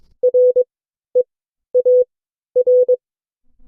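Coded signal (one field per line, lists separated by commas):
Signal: Morse code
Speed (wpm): 22 wpm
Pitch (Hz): 500 Hz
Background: none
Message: REAR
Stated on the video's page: Morse class session from an amateur radio club.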